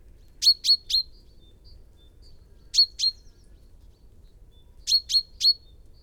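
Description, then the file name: Common chaffinch calls: short sharp high 'pink' notes given in quick bursts of two or three, the bursts roughly every two seconds, over quiet low background hum. "Fringilla coelebs"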